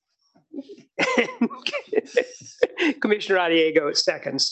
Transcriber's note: laughter